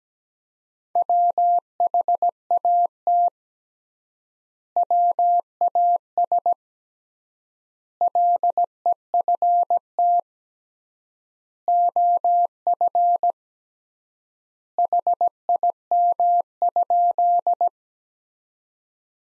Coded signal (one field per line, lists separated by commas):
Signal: Morse code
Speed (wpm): 17 wpm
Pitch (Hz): 700 Hz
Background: none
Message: WHAT WAS LEFT OF HIM?